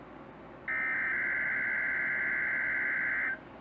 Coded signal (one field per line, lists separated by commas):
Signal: Emergency Alert System (SAME) tones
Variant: header bursts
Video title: (EAS) Required weekly test